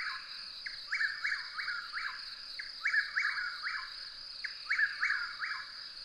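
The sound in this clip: Bird song of repeated groups of quick, falling chirps about every two seconds, partly blurred by steady background hiss and a continuous high hum.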